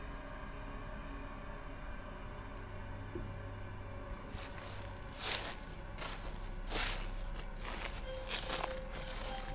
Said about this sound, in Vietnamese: Từ đấy vang lên những tiếng lá cây dẫm loạt xòa loạt xoạt.